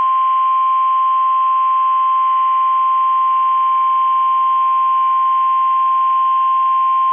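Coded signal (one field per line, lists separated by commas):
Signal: Emergency Alert System (SAME) tones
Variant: 1050 Hz attention tone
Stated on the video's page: KEC65 Required Weekly Test, aired a minute early.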